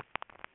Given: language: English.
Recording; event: throat vibration sensor signal played as sound; swallow